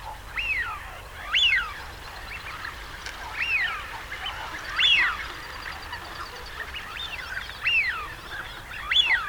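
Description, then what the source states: Eurasian wigeon calling with bright arched whistles at irregular intervals, some fainter than others. Male.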